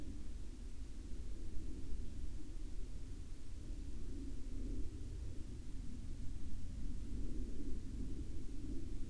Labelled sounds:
aircraft
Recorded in the Arctic National Wildlife Refuge, Alaska, on 9 May 2019 at 08:09
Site 35

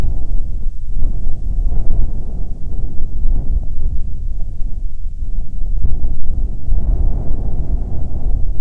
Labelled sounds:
wind
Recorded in the Arctic National Wildlife Refuge, Alaska, on 3 August 2019 at 15:40
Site 49

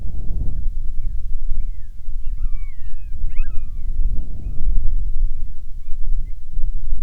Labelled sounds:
bird
wind
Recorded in the Arctic National Wildlife Refuge, Alaska, on 10 July 2019 at 17:46
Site 44

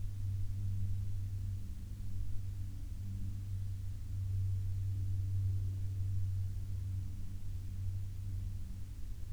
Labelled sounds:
aircraft
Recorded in the Prudhoe Bay oil fields, Alaska, on 12 May 2019 at 07:54
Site 16

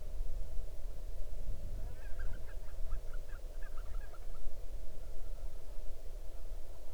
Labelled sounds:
waterfowl
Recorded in the Arctic National Wildlife Refuge, Alaska, on 8 June 2019 at 00:46
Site 40

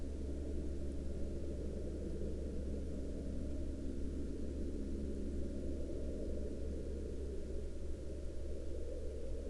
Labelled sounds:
aircraft
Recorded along the Dalton Highway, Alaska, on 2 April 2019 at 12:11
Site 09

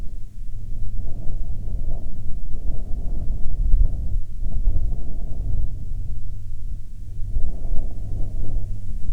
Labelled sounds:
wind
aircraft
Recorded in the Prudhoe Bay oil fields, Alaska, on 29 July 2019 at 17:06
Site 13

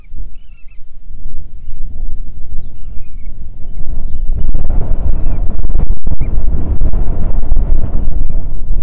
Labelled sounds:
bird
wind
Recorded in the Arctic National Wildlife Refuge, Alaska, on 9 July 2019 at 22:43
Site 48

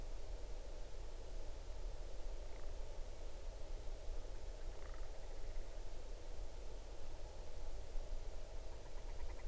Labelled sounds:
grouse or ptarmigan
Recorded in the Arctic National Wildlife Refuge, Alaska, on 8 June 2019 at 01:10
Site 40

